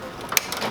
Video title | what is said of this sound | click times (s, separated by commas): #Konica Bizhub C3850FS Basic function tutorial!!! | you go you'll hear the click make sure you're at right in front and your imaging image slides right out just like that | 0.4 s